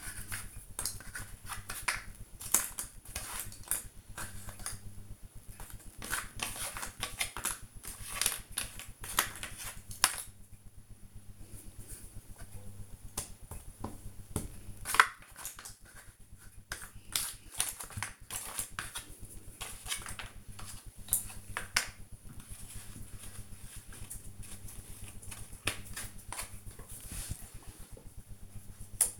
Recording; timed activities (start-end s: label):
household activities, microphone on the right wrist
0.00-27.28 s: doing a puzzle